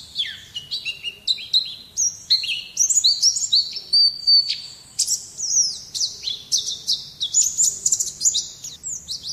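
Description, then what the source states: White-eye singing a fast, high-pitched warbling stream of squeaky chirps and short slurred notes, running almost without a break. Song in the ngalas singing style.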